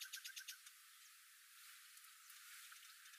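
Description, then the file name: Common nightingale song phrase: a quick run of about six repeated, clipped notes in under a second, then fading to faint scattered chirps. "Luscinia megarhynchos"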